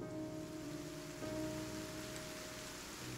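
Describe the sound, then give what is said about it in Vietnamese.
Steady, dense rain and wind pour at night over a village without a break, a continuous hiss with a low rumbling undertone, at an even, moderately loud level throughout. “Đêm nay, thời tiết lại chuyển biến xấu, mưa gió đì đùng.”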